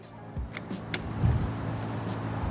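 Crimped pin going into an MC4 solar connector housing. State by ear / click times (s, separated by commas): seated / 0.9 s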